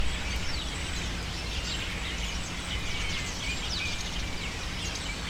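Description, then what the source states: Birds screeching en masse, thin overlapping chirps and squeals running without pause above a heavy low rumble. Birds taking refuge in cypresses in the recordist's city, screaming without stopping, especially in the afternoon.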